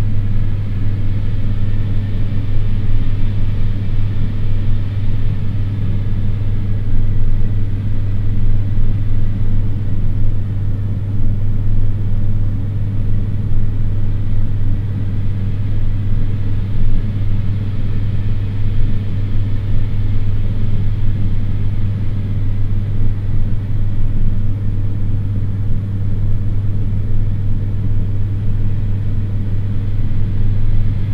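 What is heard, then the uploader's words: Ventilation and air conditioning drone steadily, a deep low hum dominating with a dense, unchanging rushing layer above and no distinct events. Ventilation and air conditioning. Amsterdam.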